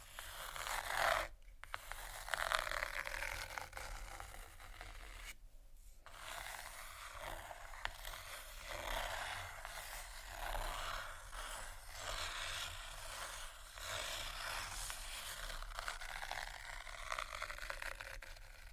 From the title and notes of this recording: Tapping,soft crinkle,scratch,plastic,textures(No Talking).